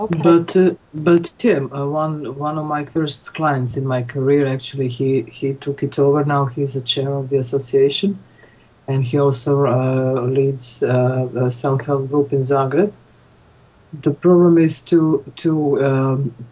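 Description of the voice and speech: Adult woman who stutters, speaking with word repetitions ('but but', 'one one', 'he he', 'to to'), prolonged sounds and pauses mid-phrase.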